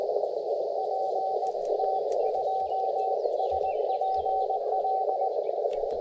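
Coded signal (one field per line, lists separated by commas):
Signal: Morse code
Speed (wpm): 19 wpm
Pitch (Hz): 760 Hz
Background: radio noise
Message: PT2SPL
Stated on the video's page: CW Parks on the Air activation with tricky bands and contests running.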